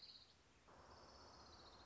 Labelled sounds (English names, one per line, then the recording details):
Orange-crowned Warbler
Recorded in Sonoma County, California